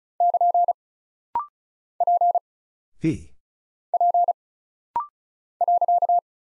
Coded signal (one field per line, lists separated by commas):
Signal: Morse code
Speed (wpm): 36 wpm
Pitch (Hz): 700 Hz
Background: none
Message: <KN> P P .